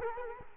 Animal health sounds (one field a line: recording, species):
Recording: mosquito wingbeat signal from an infrared sensor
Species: Culex quinquefasciatus